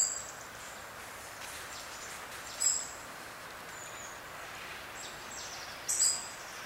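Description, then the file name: European robin calls, two brief high sharp notes about three seconds apart over steady hissing background noise. "Erithacus rubecula"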